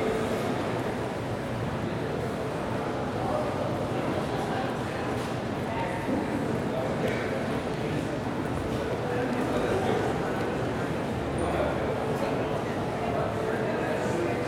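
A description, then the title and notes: A slow day at the market: a steady murmur of overlapping voices with occasional brief louder calls, and a faint dog barking now and then. Slow Day at the Market.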